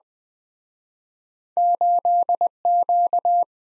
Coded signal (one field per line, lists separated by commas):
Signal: Morse code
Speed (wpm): 22 wpm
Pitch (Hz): 700 Hz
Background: none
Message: 8Q